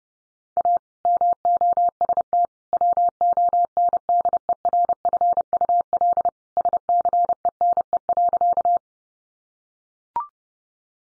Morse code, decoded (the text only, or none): A MOST WONDERFUL SCENE.